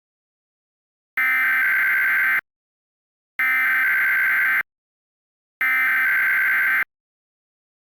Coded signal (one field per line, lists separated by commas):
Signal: Emergency Alert System (SAME) tones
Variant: header bursts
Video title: EAS - Berry Vision